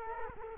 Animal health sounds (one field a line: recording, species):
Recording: mosquito wingbeat signal from an infrared sensor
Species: Culex quinquefasciatus